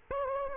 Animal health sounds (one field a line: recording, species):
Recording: mosquito wingbeat signal from an infrared sensor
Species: Aedes aegypti